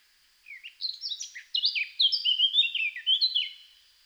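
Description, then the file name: Eurasian blackcap song: a fast, varied warble of high chirps and slurred notes, growing louder, over about three seconds. "Sylvia atricapilla"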